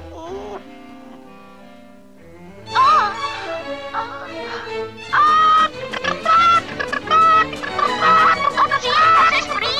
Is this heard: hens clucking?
yes